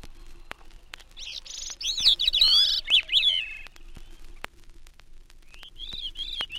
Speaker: Gray-cheeked thrush calls and then sings from the dwarf spruces at timberline near Hudson Bay. A Wilson snipe is heard in the background.